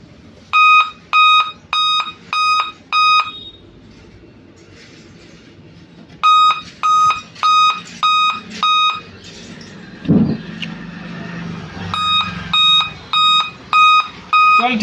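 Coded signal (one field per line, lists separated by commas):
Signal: beep code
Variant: Dell laptop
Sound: three repeated groups of five short, even, shrill beeps separated by pauses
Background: room noise, handling clicks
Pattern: 5 short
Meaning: On Dell laptops, five beeps usually signal a real-time clock (CMOS) battery failure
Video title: dell laptop beep sound problem #copier #computer #printer #machine #laptop #laptop #desktoprepair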